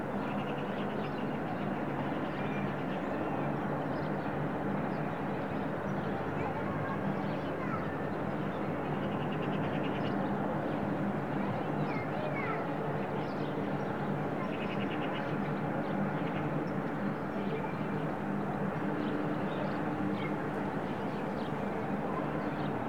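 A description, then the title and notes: A steady recording from a studio in a natural park, filled with a dense, even hum of traffic or a passing aircraft. Faint voices drift through the background, and scattered bird chirps surface now and then, especially around the middle and later seconds. Daily recordings from my studio in the Serra de Collserola natural park.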